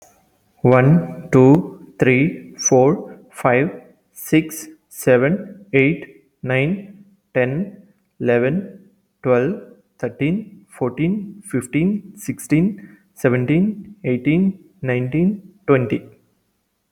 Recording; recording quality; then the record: counting at a normal pace; excellent, no background noise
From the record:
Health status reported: healthy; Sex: male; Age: 31 years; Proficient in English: yes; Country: India